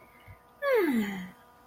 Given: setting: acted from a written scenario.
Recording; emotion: vocal sound without words; contentment